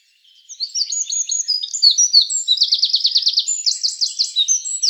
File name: Troglodytes troglodytes